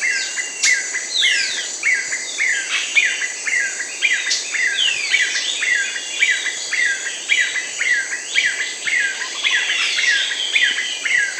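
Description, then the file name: Yellow-billed nunbird giving busy overlapping whistled notes, sliding down in pitch and tumbling together as if several birds call at once, over a continuous high insect buzz. Peru and Ecuador. "Yellow-billed Nunbird (Monasa flavirostris), Peru, Ecuador"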